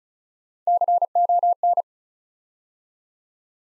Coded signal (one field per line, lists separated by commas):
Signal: Morse code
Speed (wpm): 34 wpm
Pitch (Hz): 700 Hz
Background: none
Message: CON